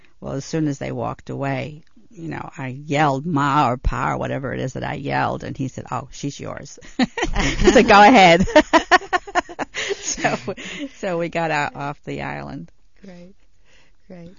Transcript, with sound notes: Well, as soon as they walked away, you know, I yelled, "Ma," or "Pa," or whatever it is that I yelled. And he said, "Oh, she's yours." He said, "Go ahead." (They laugh) So we got off the island.
Great, great.